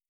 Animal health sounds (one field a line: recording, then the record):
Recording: hydrophone in a shrimp aquaculture tank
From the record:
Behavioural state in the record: starved